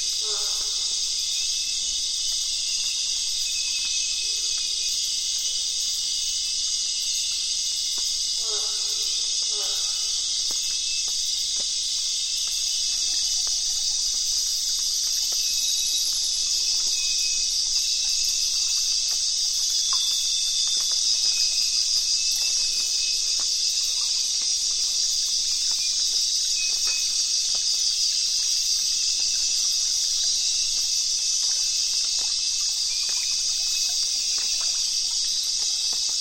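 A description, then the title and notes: Nightfall on the Zabalo River brings a dense, unbroken insect chorus, a high bright hiss that holds steady from start to end. Short rising calls, probably frogs or birds, sound near the start and again around ten seconds over a faint, quiet low end. Nightfall on the Zabalo. Today we’re visiting the Zabalo River in Ecuador. It’s a completely undisturbed ecosystem, where all the creatures we hear are all native to the land.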